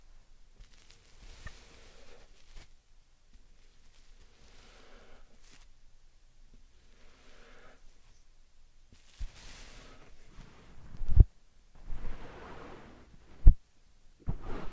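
Quiet slime and sand sounds with soft squishing and hissing rustles, sparse for ten seconds, then louder squelches and sharp taps near the end.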